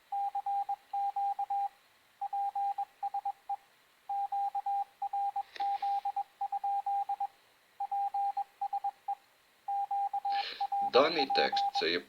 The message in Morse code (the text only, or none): CQ PSE QRZ? PSE QRP